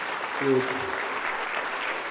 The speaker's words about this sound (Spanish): pues se encuentra acá presente con nosotros, para quien pedimos un aplauso, un reconocimiento.